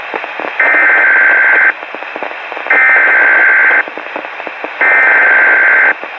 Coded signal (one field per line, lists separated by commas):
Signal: Emergency Alert System (SAME) tones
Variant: header bursts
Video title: Weatheradio Canada - Frost Warning (EAS #47-49)